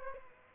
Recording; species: mosquito wingbeat signal from an infrared sensor; Aedes aegypti